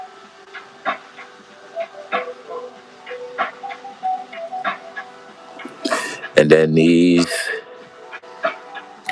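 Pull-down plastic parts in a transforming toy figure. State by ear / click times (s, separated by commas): seated / 9.1 s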